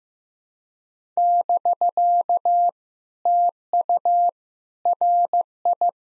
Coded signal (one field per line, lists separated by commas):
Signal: Morse code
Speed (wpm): 15 wpm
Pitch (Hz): 700 Hz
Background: none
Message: <BK> TU RI